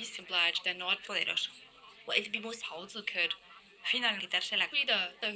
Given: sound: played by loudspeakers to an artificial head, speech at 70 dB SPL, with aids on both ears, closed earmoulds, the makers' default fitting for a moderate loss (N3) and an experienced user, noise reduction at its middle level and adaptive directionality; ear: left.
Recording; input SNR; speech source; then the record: speech test signal (ISTS) in cocktail-party noise; +9 dB; in front (0 degrees)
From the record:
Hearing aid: class 1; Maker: I